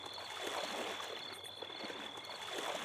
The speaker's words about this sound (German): Da schleicht eine Gestalt zum Schwimmbecken. Sie lässt sich langsam ins Wasser gleiten.